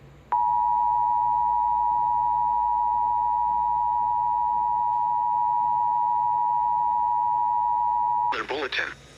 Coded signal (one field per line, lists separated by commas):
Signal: Emergency Alert System (SAME) tones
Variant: 853 and 960 Hz attention tone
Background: speech